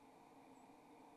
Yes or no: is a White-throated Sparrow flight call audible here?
no